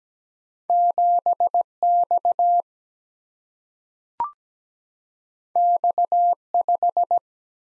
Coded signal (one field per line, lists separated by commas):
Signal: Morse code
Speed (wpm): 17 wpm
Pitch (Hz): 700 Hz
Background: none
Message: 7 X X 5